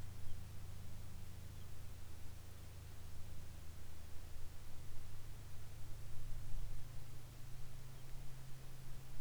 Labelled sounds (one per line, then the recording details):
bird
aircraft
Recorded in the Arctic National Wildlife Refuge, Alaska, on 22 July 2019 at 15:37
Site 41